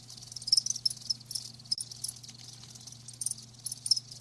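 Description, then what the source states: Crickets giving faint high chirps, sparse and irregular, over a steady low hum. Live crickets chirping, a lulling song.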